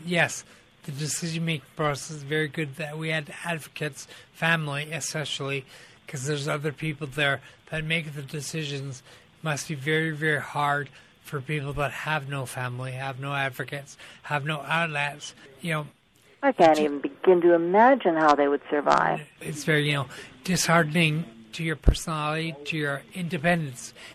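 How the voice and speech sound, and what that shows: An adult woman, a 43-year-old stroke survivor, speaks in connected phrases broken by irregular mid-phrase pauses, with occasional stretched vowels, devoiced or slurred consonants, and a distorted multisyllable word. The mild, irregular articulatory breakdown fits ataxic dysarthria after a stroke; she is also ataxic.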